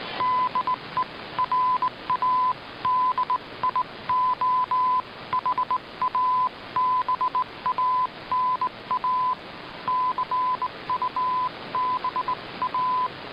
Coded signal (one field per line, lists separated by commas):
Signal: Morse code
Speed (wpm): 18 wpm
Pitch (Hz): 1010 Hz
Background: none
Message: DE RADIO HABANA CUBA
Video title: Radio Havana Cuba DXers Unlimited Mar 12 2017 on 15140Khz Shortwave Radio